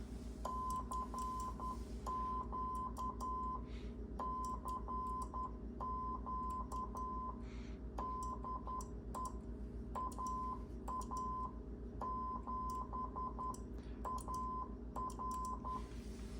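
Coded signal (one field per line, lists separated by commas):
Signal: Morse code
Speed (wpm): 10 wpm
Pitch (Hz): 1020 Hz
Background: none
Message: CQ CQ DE AA7AR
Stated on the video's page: QRP CW at 5 watts from an MFJ-9040 on 40 m, 7029 and 7033 kHz, dipole antenna and MFJ-971 tuner, at 10, 11 and 14 wpm.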